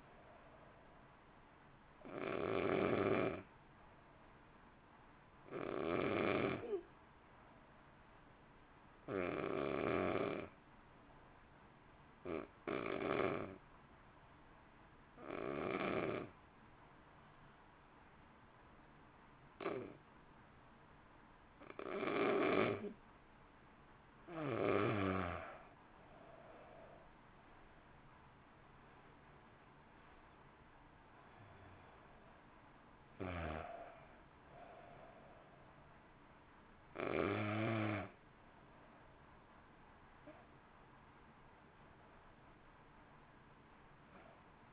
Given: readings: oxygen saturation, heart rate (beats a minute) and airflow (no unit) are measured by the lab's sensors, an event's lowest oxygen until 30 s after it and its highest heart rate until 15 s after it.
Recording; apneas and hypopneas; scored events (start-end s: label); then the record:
breathing in sleep by a voice recorder at the bedside; 1
7.00-33.70 s: hypopnea (N2, oxygen 94% highest, then 87% lowest, heart rate 50 at the start, 64 highest)
35.00-44.73 s: new sleep stage, N1 (lightest sleep)
From the record:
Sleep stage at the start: N2 (light sleep); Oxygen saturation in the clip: 88 to 94%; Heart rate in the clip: 50 to 64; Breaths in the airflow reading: 15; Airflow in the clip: -1.3 to 1.9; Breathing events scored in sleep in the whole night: 328 in 6.3 hours asleep